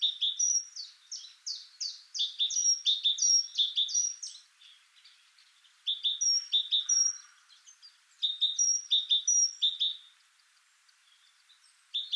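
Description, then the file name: Great tit calls: a rapid run of short descending notes, then repeated clusters of high piping notes and thin whistles with short pauses. "Parus major"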